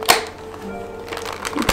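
The chin bar of a Simpson Mod Bandit modular motorcycle helmet, after 7 months of use, is pushed up into the shell latch, which had broken before. A sharp knock comes near the start, then faint ticks and rattles, then a click at 1.7 s. The chin bar locks but does not click fully home.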